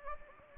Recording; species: mosquito wingbeat signal from an infrared sensor; Anopheles gambiae